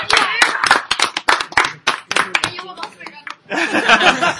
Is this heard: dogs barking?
no